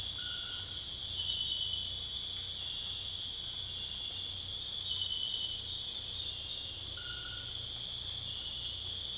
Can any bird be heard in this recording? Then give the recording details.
no. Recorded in dense forest near Puerto Asís, Putumayo, Colombia, on 21 December 2024 at 21:00. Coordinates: 0.484, -76.325. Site G056